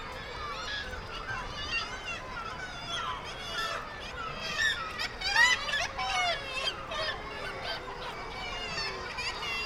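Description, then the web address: Black-legged kittiwake calls, loud harsh downslurred and rising cries in uneven bursts, the strongest in the middle, with other birds calling behind. "Black legged kittiwake. دانلود-صدای-پرنده-کاکایی-پاسیاه"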